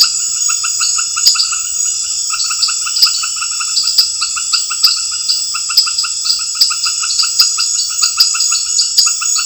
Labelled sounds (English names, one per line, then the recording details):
none
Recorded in pastures near Puerto Asís, Putumayo, Colombia, on 21 March 2025 at 18:30
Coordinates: 0.502, -76.324
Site GP07